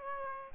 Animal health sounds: mosquito wingbeat signal from an infrared sensor; Aedes aegypti

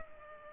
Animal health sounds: mosquito wingbeat signal from an infrared sensor; Culex pipiens

